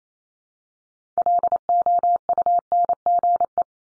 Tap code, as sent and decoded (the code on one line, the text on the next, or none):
none